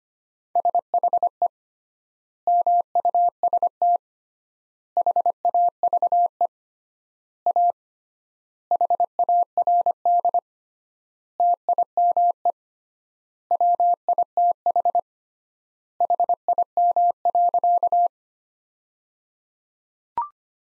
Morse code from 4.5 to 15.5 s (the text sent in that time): HAVE A HARD TIME WITH